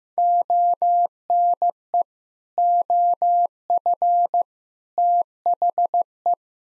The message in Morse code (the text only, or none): ONE OF THE